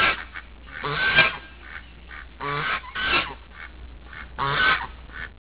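Goose honking: harsh nasal honks in several bursts, with quieter calls between and a low steady hum underneath.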